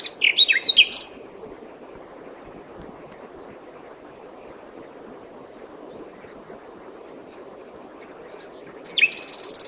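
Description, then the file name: Common nightingale song: a fast jumbled phrase at the start, a long quiet gap, then a whistle leading into a rapid buzzy rattle at the end. "Luscinia megarhynchos"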